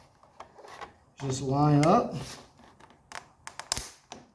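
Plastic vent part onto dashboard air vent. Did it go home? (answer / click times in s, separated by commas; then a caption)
yes / 3.7 s. A plastic dash vent part is lined up and pushed onto the dashboard air vent of a 1984 Mercedes 300CD while someone talks. Light plastic taps and rubbing lead into a cluster of short clicks, with the loudest sharp snap at 3.7 s as the part seats.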